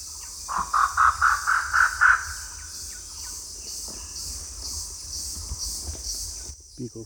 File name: Grey Peacock Pheasant Polyplectron bicalcaratum